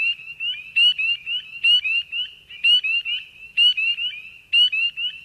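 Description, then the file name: Frogs and toads: high, squeaky frog calls with sharp chirping sweeps, repeated in bursts with brief gaps. "Frogs and Toads (Wild America)"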